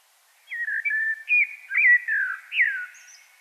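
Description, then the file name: Common blackbird delivering a single short, fluty warbled phrase of slurred whistled notes lasting about two and a half seconds. "Turdus merula"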